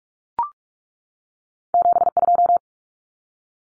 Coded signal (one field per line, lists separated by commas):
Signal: Morse code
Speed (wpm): 44 wpm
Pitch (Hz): 700 Hz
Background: none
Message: 72